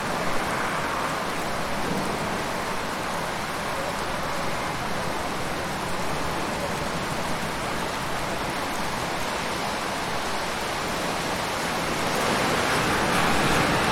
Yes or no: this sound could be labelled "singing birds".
no